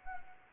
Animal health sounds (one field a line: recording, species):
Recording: mosquito wingbeat signal from an infrared sensor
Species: Anopheles arabiensis